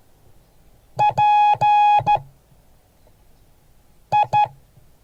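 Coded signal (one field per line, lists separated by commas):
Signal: Morse code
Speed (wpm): 14 wpm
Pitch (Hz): 830 Hz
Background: none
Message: PI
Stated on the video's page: Morse code class.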